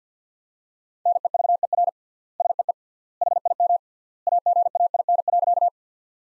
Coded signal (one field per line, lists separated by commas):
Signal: Morse code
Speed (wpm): 50 wpm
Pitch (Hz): 700 Hz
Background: none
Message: NEVER SEE HIM AGAIN.